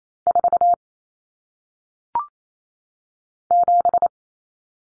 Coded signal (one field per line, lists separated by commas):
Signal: Morse code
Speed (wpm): 28 wpm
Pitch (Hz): 700 Hz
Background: none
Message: 4 7